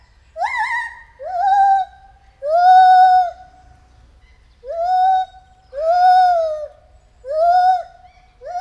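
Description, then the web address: White-handed gibbon hooting: a series of long, clear, slightly arched notes, each swelling and fading. At Debrecen Zoo in 2019, during our first encounter. "allathangok debrecenizoo 2019. feherkezu gibbon"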